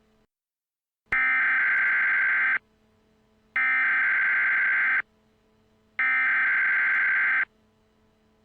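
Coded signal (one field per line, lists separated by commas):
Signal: Emergency Alert System (SAME) tones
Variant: header bursts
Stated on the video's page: Fictional EAS scenario.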